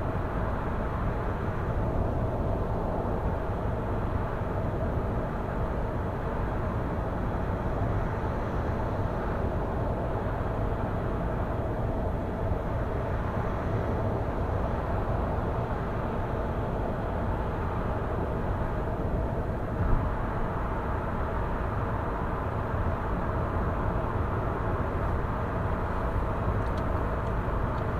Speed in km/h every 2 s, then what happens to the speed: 93, 92, 92, 92, 93, 93, 93, 93, 93, 93, 93, 93, 93, 93.
0-28 steady at about 93.